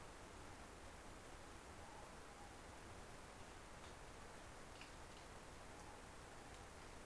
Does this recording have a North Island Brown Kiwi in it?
no